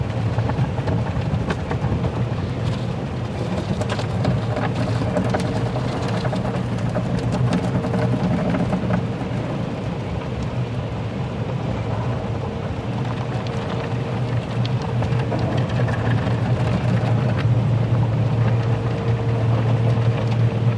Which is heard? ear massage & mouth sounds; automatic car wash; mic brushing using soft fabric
automatic car wash